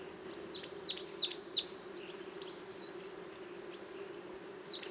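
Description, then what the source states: Coal Tit singing high, sharp see-sawing notes in a quick series, then fainter thin phrases, with a constant low droning hum underneath. Small chorus of coal tits in autumn, forest of Val Drôme at La Sarcena, 26 October 2018, sunny morning, half an hour after daybreak.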